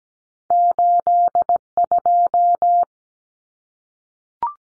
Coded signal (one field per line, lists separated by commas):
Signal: Morse code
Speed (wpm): 17 wpm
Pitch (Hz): 700 Hz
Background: none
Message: 82